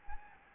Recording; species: mosquito wingbeat signal from an infrared sensor; Anopheles gambiae